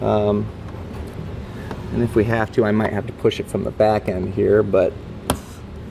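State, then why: Released. A plastic push-pin retainer in the wheel-well liner/fascia of a 2021 Subaru Crosstrek is removed during a base plate kit installation; because the pin is tricky, it is pushed from the back end. Someone talks throughout, and the pin gives with a sharp, audible snap at 5.3 s, releasing it.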